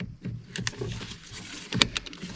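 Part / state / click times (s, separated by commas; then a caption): power window switch into door trim bezel / seated / 1.8 s. A new plastic power-window switch for a Peugeot 108 is pressed firmly into its plastic door-trim housing, with a few soft taps and light handling noise. A sharp snap at 1.8 s marks the switch latching into place.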